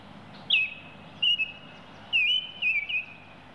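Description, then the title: Oriole calls in clear whistled notes near the upper-mid range, each dipping then holding a level tone, four phrases spread over three seconds over a low steady background hum. "BirdOriole"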